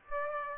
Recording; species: mosquito wingbeat signal from an infrared sensor; Aedes aegypti